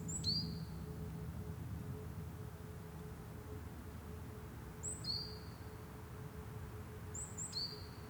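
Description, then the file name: Great tit giving three short calls, each a very high note followed by a slightly lower one, with long gaps between, against a constant low hum. "Parus major"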